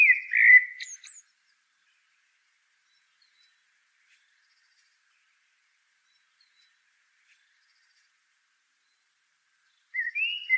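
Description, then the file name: Common blackbird song: a short fluted warble with a squeaky end, then long silence before another phrase begins. "Turdus merula"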